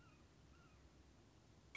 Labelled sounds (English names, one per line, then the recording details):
Red-shouldered Hawk
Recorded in Sonoma County, California